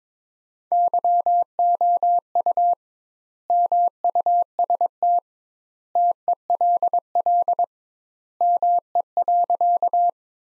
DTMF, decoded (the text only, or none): none